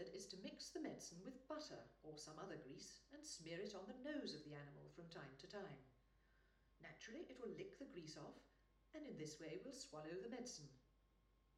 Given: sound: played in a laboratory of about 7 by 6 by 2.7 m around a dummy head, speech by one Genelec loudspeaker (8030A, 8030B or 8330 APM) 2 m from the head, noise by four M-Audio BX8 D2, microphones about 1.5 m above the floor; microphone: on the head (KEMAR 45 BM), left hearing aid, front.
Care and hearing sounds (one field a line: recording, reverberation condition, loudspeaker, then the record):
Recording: female speech in English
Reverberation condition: medium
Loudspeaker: 60 degrees to the left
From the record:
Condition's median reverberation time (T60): about 510 ms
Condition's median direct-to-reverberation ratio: about -0.5 dB